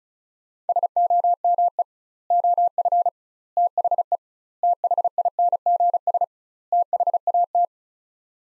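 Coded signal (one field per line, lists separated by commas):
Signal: Morse code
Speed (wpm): 36 wpm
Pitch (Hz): 700 Hz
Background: none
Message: SOME OF THE THINGS THAT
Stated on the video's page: Morse practice of five-word sets at 35 wpm with 2x word spacing, a word-level Farnsworth-like method for head-copying.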